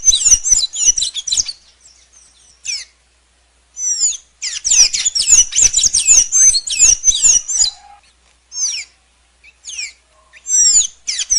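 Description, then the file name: Blue dacnis song: bursts of rapid, high squeaky twitters and chirps, broken by short pauses, with a few sharp downslurred notes near the end. "canto da pipira azul"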